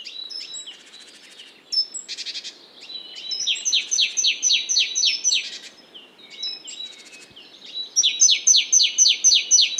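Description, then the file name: Great tit calls: rapid runs of sharp, downslurred high notes, about four per second, broken by harsh buzzy churrs and short pauses. "Parus major"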